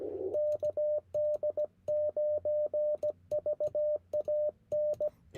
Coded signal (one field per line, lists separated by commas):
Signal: Morse code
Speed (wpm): 17 wpm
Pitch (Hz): 600 Hz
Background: radio noise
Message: KD9VAN